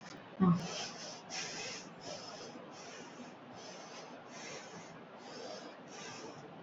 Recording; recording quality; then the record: shallow breathing; excellent, no background noise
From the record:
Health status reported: COVID-19 positive, mild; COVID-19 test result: positive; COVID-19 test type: RT-PCR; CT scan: not taken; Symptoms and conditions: cough, sore throat, fever, muscle pain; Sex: female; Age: 35 years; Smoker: no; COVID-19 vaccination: both doses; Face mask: worn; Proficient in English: yes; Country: India